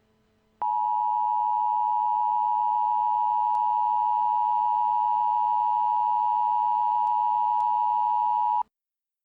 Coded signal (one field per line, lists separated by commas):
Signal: Emergency Alert System (SAME) tones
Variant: 853 and 960 Hz attention tone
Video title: EAS Scenario - Galveston Hurricane